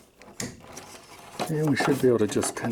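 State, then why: Seated. A bulb socket is pushed back into a Honda Accord rear license plate light housing after the lens was cleaned and reassembled, seating with a sharp click at 0.4 s. Faint handling sounds follow, then someone talks.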